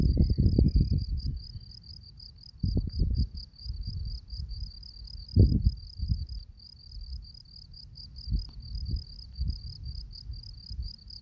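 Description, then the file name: Field cricket: evenly repeated high, trilling chirps throughout, with intermittent low rumbling gusts of background noise. Recorded on 27 June 2023. "20230627 feldgrille"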